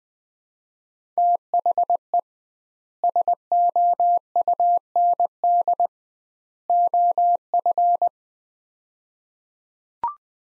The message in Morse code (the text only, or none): THE SOUND OF